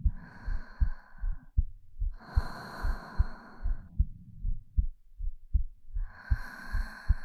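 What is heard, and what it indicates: Soft, deep thumps repeat in a steady rhythm, roughly 75–80 a minute, the usual lub-dub of a resting adult heartbeat. Breathy, hissy bursts of whispering or breath pass over it at intervals. It is a roleplay of a mother's heartbeat, meant to be calming to listen to.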